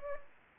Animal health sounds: mosquito wingbeat signal from an infrared sensor; Anopheles gambiae

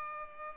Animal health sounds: mosquito wingbeat signal from an infrared sensor; Culex pipiens

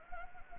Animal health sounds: mosquito wingbeat signal from an infrared sensor; Anopheles gambiae

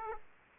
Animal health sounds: mosquito wingbeat signal from an infrared sensor; Aedes aegypti

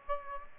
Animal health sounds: mosquito wingbeat signal from an infrared sensor; Aedes aegypti

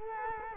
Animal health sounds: mosquito wingbeat signal from an infrared sensor; Culex quinquefasciatus

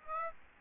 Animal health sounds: mosquito wingbeat signal from an infrared sensor; Aedes aegypti

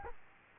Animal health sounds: mosquito wingbeat signal from an infrared sensor; Aedes albopictus

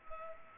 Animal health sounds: mosquito wingbeat signal from an infrared sensor; Culex pipiens

